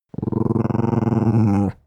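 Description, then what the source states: Dog growling: a low, soft, rumbling growl with a fast pulsing texture, held steadily for about one and a half seconds before stopping abruptly. Small dog giving a soft growl.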